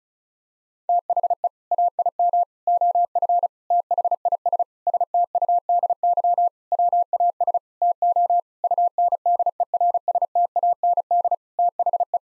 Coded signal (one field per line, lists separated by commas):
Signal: Morse code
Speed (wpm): 34 wpm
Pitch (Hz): 700 Hz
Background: none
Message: THE AIM OF THIS STUDY WAS TO UNDERSTAND THE